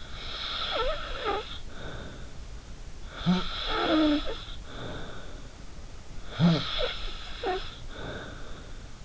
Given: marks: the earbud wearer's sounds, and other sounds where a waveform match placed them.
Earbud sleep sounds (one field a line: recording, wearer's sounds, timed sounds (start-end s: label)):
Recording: sounds in sleep by an in-ear microphone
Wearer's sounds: snoring breath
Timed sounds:
0.00-2.35 s: snoring breath
3.03-5.49 s: snoring breath
6.32-8.64 s: snoring breath